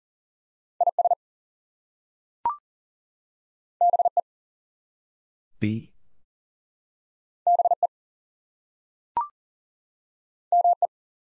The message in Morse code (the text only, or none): IS BE BE ME